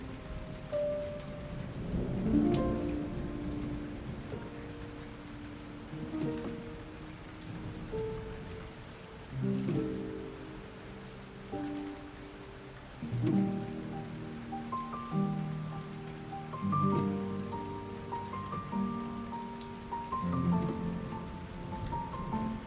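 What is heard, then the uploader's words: Steady rain hisses throughout, with a soft, slow melody of sustained tones layered on top, notes changing every second or two. A low rumble of distant thunder swells near the start, and faint drips tick through the background. Soothing THUNDERSTORM and Calming RAIN with Relaxing MUSIC. Soothing sounds of thunderstorm and rain accompanied by relaxing music.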